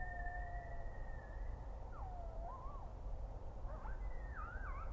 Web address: rmaher audio monitor GRKO 20091230 2135 coyotes